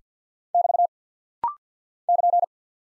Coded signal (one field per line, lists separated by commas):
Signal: Morse code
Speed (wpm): 50 wpm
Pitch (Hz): 700 Hz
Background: none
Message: <BT> <KN>